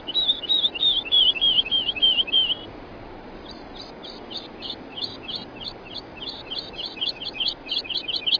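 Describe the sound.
Woodlark song, opening with a clear rolling series of sweet, slurred notes, then after a brief pause a faster trill of repeated notes that grows denser.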